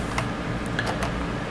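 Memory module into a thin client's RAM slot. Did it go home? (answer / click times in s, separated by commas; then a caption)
no / none. A 4 GB laptop-style memory module is handled and pressed toward its RAM slot in a thin client, producing a few faint ticks near 0.2, 0.8 and 1.0 seconds over a steady low hum. Nothing has seated or clicked yet, and the clip ends just before the module goes home.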